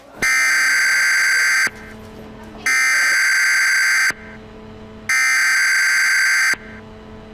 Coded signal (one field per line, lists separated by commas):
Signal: Emergency Alert System (SAME) tones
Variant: header bursts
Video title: Nuclear Attack on the USA | EAS Scenario